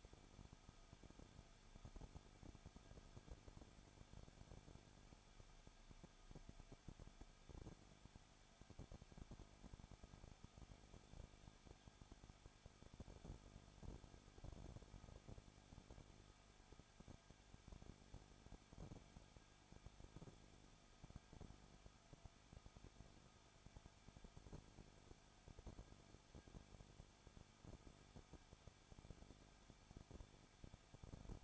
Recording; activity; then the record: daily activity, microphone in the room; no activity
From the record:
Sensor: 5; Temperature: 20.9 degrees Celsius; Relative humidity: 35.1%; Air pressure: 994.6 hPa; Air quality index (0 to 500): 153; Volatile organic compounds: 2 ppm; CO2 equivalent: 1280 ppm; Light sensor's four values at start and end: 2/3/1/1 and 2/3/1/1